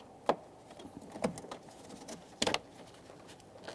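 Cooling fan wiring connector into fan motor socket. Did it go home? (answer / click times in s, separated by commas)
yes / 2.4 s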